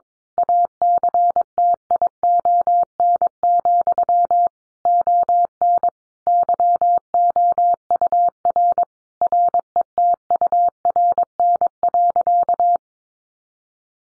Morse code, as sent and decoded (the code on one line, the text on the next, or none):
.- -.-. - .. --- -. --..-- / --- -. / -.-- --- ..- .-. / .-. . - ..- .-. -. .-.-.-
ACTION, ON YOUR RETURN.